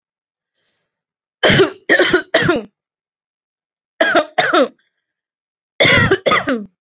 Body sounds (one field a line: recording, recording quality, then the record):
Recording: heavy voluntary cough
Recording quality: excellent, no background noise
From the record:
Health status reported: recovered from COVID-19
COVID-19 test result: negative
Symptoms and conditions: none ticked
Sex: female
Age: 24 years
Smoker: not ticked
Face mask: worn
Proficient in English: yes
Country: India